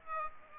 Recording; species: mosquito wingbeat signal from an infrared sensor; Aedes aegypti